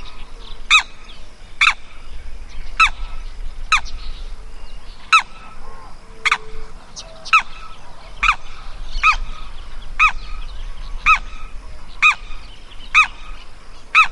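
Bird giving a long series of sharp, nasal honks, around one per second.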